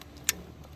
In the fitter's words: All right, I heard a click, so it is in.